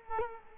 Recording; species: mosquito wingbeat signal from an infrared sensor; Culex quinquefasciatus